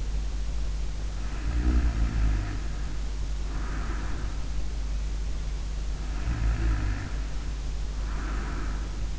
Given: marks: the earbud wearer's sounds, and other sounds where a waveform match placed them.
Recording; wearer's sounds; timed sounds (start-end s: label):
sounds in sleep by an in-ear microphone; snoring breath
1.03-4.32 s: snoring breath
5.93-9.19 s: snoring breath